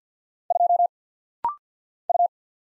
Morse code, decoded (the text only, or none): 2 U